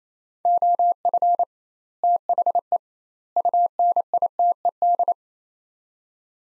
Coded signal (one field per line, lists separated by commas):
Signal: Morse code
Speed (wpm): 27 wpm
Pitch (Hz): 700 Hz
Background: none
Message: OF THE UNITED